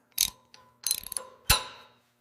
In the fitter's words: Hear that click? That means it's properly torqued.